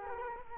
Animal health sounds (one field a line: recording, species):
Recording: mosquito wingbeat signal from an infrared sensor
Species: Culex quinquefasciatus